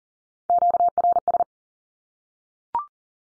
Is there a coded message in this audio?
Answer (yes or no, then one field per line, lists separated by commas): yes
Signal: Morse code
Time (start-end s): 0.5-1.4 s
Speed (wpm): 40 wpm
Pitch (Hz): 700 Hz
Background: none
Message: QRS